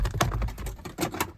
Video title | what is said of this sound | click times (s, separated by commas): How to replace Chevy steering wheel buttons | eventually you're going to feel the spring push it in and as you pull airbag towards you it's going to pop right out | 0.2 s